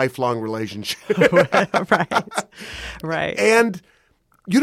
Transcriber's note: laughter